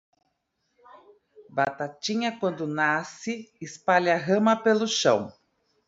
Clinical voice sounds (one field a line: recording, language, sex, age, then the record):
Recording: short text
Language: Brazilian Portuguese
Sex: female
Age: 40 to 49 years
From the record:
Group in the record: control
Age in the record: 41 years